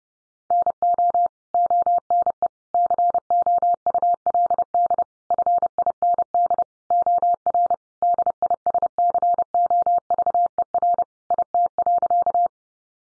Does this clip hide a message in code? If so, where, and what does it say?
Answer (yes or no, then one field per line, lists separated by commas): yes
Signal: Morse code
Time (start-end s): 0.5-12.5 s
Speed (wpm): 30 wpm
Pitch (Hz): 700 Hz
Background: none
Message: NO ONE COULD FIND OR DISCOVER IT.